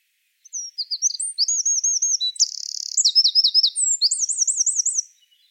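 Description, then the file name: Eurasian wren delivering a loud, hurried song of piercing high notes, one dry trill and several looping warbles, around four and a half seconds, quiet surroundings. "Troglodytes troglodytes"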